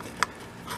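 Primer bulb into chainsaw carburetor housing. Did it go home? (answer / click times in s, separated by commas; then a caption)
yes / 0.2 s. A primer bulb with two plastic clips is pushed into the enlarged opening of a chainsaw carburetor housing. The clips snap home with a single sharp click at 0.2 seconds, and a softer rub follows near the end. The bulb is seated.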